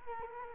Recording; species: mosquito wingbeat signal from an infrared sensor; Culex quinquefasciatus